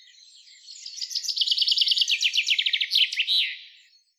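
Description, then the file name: Common chaffinch song, a bright cascading trill of rapid repeated notes falling in pitch, finishing with a short twisted end-flourish, no other sounds. "Fringilla coelebs"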